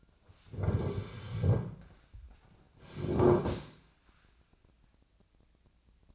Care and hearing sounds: daily activity, microphone in the room; sit down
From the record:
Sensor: 2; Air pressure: 1009.1 hPa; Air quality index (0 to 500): 172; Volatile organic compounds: 2 ppm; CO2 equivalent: 1262 ppm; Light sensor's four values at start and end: 38/101/42/46 and 37/99/42/45

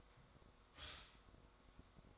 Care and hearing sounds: daily activity, microphone in the room; stop toaster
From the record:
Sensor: 3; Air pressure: 1004.1 hPa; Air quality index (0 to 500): 201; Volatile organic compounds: 15 ppm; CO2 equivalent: 2511 ppm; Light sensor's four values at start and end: 4/11/4/4 and 4/11/4/4

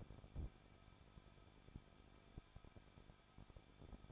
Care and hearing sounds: daily activity, microphone in the room; no activity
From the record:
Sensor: 5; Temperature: 20.8 degrees Celsius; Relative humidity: 38.6%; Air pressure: 1006.5 hPa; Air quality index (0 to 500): 192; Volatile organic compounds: 21 ppm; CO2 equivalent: 2713 ppm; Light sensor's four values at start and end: 2/3/1/1 and 2/3/1/1

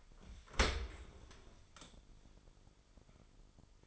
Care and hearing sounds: daily activity, microphone in the room; open dishwasher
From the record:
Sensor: 5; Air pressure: 996.0 hPa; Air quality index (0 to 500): 102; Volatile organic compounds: 7 ppm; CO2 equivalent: 1969 ppm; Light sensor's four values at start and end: 40/94/39/41 and 40/96/39/42

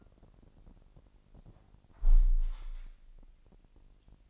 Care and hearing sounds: daily activity, microphone in the room; close window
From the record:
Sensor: 5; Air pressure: 1000.0 hPa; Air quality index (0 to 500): 248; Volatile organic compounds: 35 ppm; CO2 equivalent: 3054 ppm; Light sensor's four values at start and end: 34/80/32/30 and 34/79/32/30

